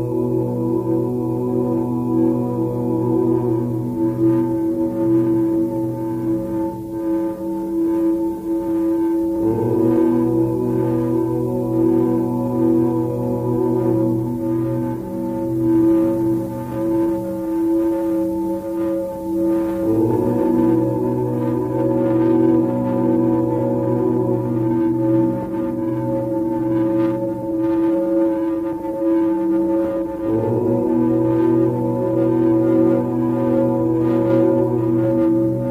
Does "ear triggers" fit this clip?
no